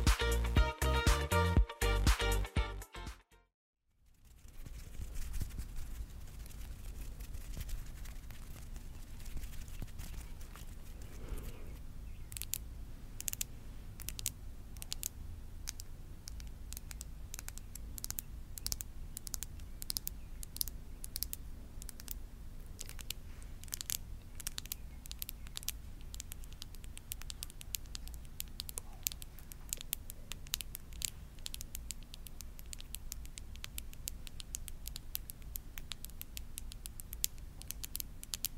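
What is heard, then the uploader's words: Light tapping on glasses, teeth, nails and skin, with no talking. A brief louder, tonal burst opens the first few seconds, then near-silence around four seconds, followed by dense, quick, irregular taps over a steady low hum that grow busier after twelve seconds. ASMR Body Tapping - glasses, teeth, nail, cheek & collarbone tapping, no talking.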